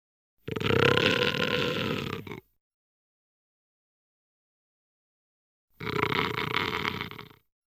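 Tiger giving two gruff, grating growls about two seconds each, the first louder, separated by several seconds of silence.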